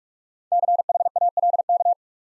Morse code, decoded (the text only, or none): CHALK